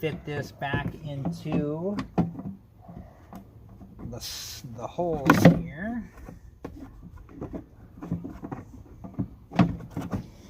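Someone talks while the old plastic turn signal/tail light housing of a 1999–2004 Chrysler 300M is pushed back so its locating pins go into the holes/grommets in the car body, with scattered light knocks and taps along the way. A sharp, loud click at 9.6 s marks the pins popping in and the housing seating home, confirmed right after.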